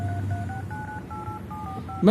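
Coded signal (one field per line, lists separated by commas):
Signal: DTMF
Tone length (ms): 150 ms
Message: 3698745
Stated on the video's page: DTMF tones from a mobile keypad controlling a non-programmable robotic car's movement.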